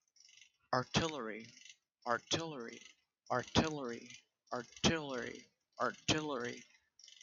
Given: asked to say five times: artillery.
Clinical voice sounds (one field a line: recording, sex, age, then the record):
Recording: repeated word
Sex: male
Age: 20 to 29 years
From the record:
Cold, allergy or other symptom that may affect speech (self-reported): yes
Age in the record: 27 years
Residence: California, United States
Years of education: 17